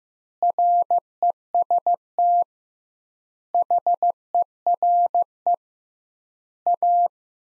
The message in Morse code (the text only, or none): REST HERE A